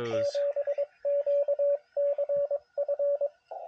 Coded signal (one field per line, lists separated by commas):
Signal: Morse code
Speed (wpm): 23 wpm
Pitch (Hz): 570 Hz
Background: speech, radio noise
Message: 7QCF